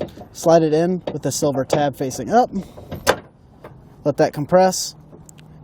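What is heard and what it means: Someone talks while a steel removable tow arm from a Roadmaster Direct-Connect base plate kit is slid, silver tab up, into the base plate receptacle on the frame of a 2019 Chevrolet Spark, behind the fascia, and compressed. A sharp handling knock is heard around 3.1 s and faint ticks near the end. The arm has not yet been turned and nothing has clicked or locked.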